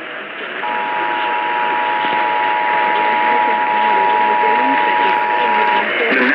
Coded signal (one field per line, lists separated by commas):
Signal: Emergency Alert System (SAME) tones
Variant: 853 and 960 Hz attention tone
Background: speech